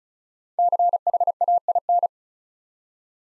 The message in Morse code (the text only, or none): CHAIN